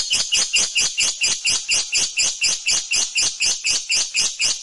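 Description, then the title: Lovebird uttering rhythmic, harsh high chirps in a rapid, steady, even series throughout. Fighter lovebird giving ngekek panjang, a long ngekek. "Suara Lovebird FIGHTER NGEKEK PANJANG"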